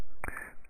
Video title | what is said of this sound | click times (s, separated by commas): Retinomax 1 Training and Setup Video Louder Sound | you rotate it until you feel it pop in place and then | 0.2 s